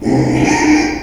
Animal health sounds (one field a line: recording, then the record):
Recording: squeal of a Yucatan mini pig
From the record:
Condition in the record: after surgery on the right vocal fold (resection and tissue-engineered implant)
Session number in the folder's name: 2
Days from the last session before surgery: 13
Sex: male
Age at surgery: 12 weeks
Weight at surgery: 13 kg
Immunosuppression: cyclosporine, prednisolone